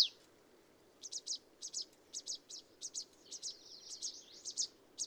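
A bird singing short, high chirps in irregular pairs and runs, with some slurred notes near the end and a faint low hum in the background.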